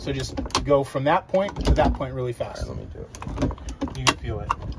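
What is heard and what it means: Someone talks while handling the combined throttle/shift lever on a 20-foot Striper Walkaround boat, moving it quickly through neutral toward forward gear to engage the outboard's gear clutch, because going slowly there leaves the clutch unengaged and would ruin the engine. Speech dominates throughout, with no sharp mechanical transient. The lever has not yet clicked into gear by the end of the clip.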